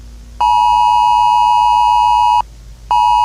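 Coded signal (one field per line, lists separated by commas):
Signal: Emergency Alert System (SAME) tones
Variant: 853 and 960 Hz attention tone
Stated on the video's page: Fictional national EAS scenario, not a real alert.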